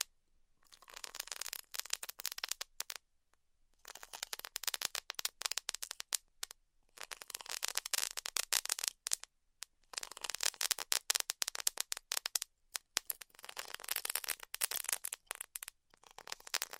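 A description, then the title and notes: Styrofoam being cut with a heated tool gives off a dense, bright crackling made of rapid tiny snaps. The crackle comes in stretches of a few seconds, broken by short silent pauses, and swells and fades slightly within each run. ASMR Styrofoam Heat Cutting (No Talking).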